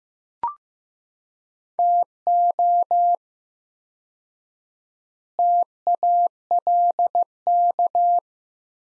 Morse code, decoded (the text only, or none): TO TALK